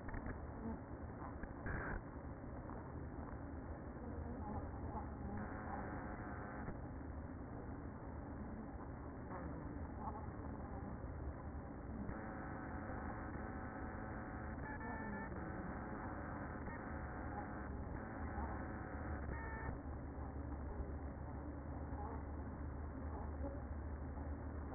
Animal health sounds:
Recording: honeybee colony, microphone inside the hive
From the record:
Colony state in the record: queen present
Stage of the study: after two queens were removed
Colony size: about 60,000 bees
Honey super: yes

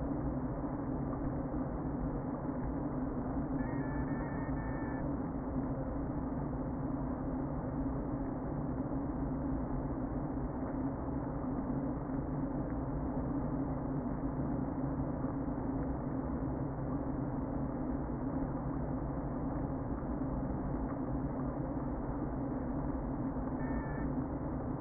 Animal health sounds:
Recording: honeybee colony, microphone inside the hive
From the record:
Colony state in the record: queen present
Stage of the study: before two queens were removed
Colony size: about 60,000 bees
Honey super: yes

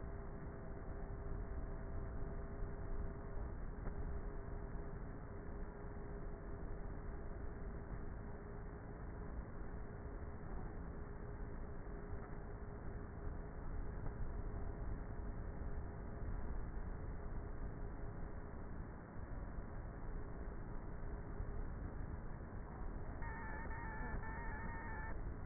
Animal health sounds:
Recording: honeybee colony, microphone inside the hive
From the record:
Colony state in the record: queenless with a low population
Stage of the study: before two queens were removed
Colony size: about 30,000 bees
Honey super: no

